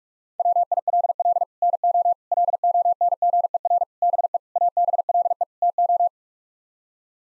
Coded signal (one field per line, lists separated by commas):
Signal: Morse code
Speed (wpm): 47 wpm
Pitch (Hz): 700 Hz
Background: none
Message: WILL NO LONGER BE ABLE TO